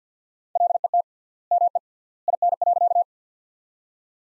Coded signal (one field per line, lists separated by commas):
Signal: Morse code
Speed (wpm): 45 wpm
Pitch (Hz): 700 Hz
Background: none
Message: LET ME IN.